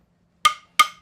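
During an engine rebuild, a helper pulls a click-type torque wrench on a head bolt. Two sharp, bright clicks ring out at 0.5 s and 0.8 s in an otherwise quiet clip. The wrench has clicked at its setting, and the two clicks are confirmed as enough.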